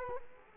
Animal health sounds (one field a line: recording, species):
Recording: mosquito wingbeat signal from an infrared sensor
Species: Culex quinquefasciatus